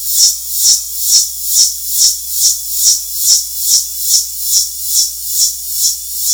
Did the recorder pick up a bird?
no